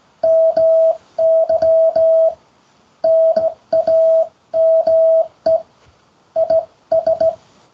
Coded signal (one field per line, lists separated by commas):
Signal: Morse code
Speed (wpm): 16 wpm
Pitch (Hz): 650 Hz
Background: none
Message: MY NAME IS